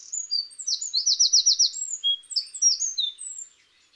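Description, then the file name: Eurasian wren singing a rapid, high-pitched jumble of thin whistles with a fast rattling trill near the middle, all delivered in one energetic burst. "Troglodytes troglodytes"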